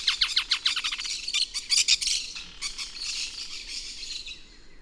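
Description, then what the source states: Striated softtail calls: a rapid burst of sharp, high notes at the start that gives way to a harsh, buzzy chatter, which fades out. Male bird.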